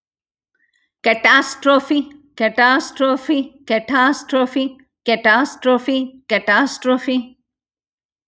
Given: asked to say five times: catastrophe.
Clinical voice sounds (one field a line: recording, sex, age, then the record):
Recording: repeated word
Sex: female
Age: 50 to 59 years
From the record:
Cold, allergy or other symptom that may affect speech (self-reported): no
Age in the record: 54 years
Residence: Virginia, United States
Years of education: 17